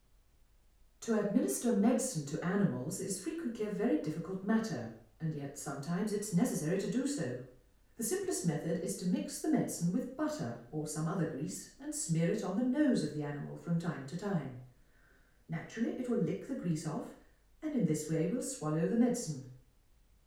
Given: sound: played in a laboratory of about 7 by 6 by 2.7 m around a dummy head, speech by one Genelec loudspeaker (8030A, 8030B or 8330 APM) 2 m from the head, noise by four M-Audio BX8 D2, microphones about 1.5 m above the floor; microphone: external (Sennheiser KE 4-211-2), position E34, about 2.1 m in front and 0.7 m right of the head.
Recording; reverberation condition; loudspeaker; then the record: female speech in English; medium; 150 degrees to the left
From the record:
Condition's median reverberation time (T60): about 510 ms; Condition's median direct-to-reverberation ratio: about -0.5 dB